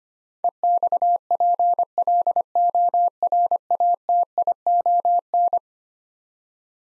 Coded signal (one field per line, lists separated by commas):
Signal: Morse code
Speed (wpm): 25 wpm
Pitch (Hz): 700 Hz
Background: none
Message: EXPLORATION